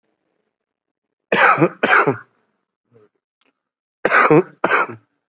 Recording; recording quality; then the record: shallow voluntary cough; excellent, no background noise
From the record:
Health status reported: COVID-19 positive, mild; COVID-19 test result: positive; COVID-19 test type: RT-PCR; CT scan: not taken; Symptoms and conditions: fatigue, muscle pain, diarrhoea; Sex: male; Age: 37 years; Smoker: no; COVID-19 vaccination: both doses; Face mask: worn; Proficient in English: yes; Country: India